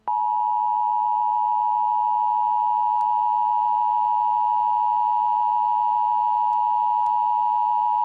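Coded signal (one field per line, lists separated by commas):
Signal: Emergency Alert System (SAME) tones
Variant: 853 and 960 Hz attention tone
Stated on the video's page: Fictional EAS scenario, not a real alert.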